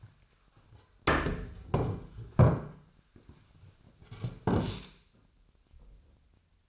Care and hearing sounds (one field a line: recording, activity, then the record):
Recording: daily activity, microphone in the room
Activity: sit down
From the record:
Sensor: 2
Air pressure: 1007.7 hPa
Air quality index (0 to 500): 180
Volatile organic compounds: 10 ppm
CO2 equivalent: 2204 ppm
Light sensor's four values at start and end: 10/23/10/10 and 9/23/9/10